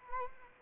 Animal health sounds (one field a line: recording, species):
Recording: mosquito wingbeat signal from an infrared sensor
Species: Anopheles arabiensis